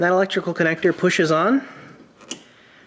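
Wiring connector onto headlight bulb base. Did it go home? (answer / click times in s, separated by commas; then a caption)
yes / 2.3 s. Someone talks as the electrical wiring connector is pushed onto the back of a new headlight bulb on a 2001–2010 Dodge Caravan. A single sharp click at 2.3 s marks the connector seating onto the bulb base.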